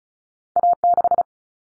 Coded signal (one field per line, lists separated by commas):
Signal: Morse code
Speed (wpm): 34 wpm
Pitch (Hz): 700 Hz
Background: none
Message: A6